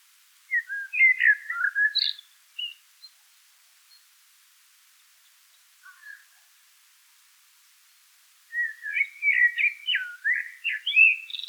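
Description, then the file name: Eurasian blackbird singing two warbled, fluty phrases with twittery notes, separated by a pause with a few soft notes; quiet background. "Turdus merula"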